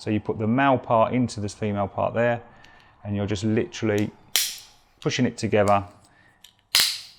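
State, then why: Seated. Someone talks while pushing the male section of a plastic Uniblade shower screen seal into its female section, whose blades come off at a 90° angle. A sharp sound occurs at 4.4 s, and the parts snap together with a single loud click at 6.8 s, leaving the seal fully seated.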